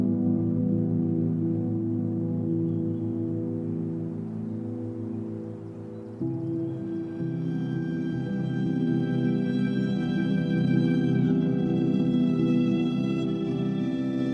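Sustained string music holds a low, layered drone of steady tones. Around six seconds the chord shifts and brighter upper notes join, making the sound fuller and slightly louder. It stays smooth and continuous to the end, with no sharp events.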